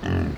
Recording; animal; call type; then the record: contact call of a hoofed animal; wild boar; grunt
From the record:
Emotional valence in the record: positive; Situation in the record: food anticipation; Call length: 0.38 s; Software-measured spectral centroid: 1420 Hz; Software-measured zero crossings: 910 a second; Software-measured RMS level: -24 dBFS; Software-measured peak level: -13 dBFS